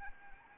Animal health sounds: mosquito wingbeat signal from an infrared sensor; Anopheles arabiensis

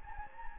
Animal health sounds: mosquito wingbeat signal from an infrared sensor; Anopheles gambiae

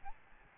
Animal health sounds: mosquito wingbeat signal from an infrared sensor; Aedes albopictus

